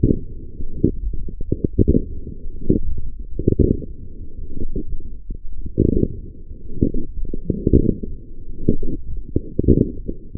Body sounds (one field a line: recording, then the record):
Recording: forearm muscle sounds (acoustic myography)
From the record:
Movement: forearm pronation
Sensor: system 1, eight BSWA MPA416 microphones around the upper forearm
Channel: 5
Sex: female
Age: 20 years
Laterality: right